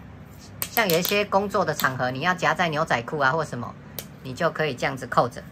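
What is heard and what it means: An iPhone 16 Pro Max in a Pelican Shield carbon fiber case is put into its plastic belt holster clip, made for clipping onto jeans at work, and snapped shut. A sharp click at 0.6 s marks it locking in. Someone talks throughout.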